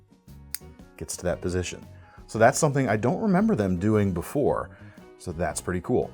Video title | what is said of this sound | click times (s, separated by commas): New Knives for the Week of June 9th, 2022 Just In at KnifeCenter.com | This is actually one of those detent joints or double detent style of knives, you can hear that click when the that finger tab gets to that position. | 0.5 s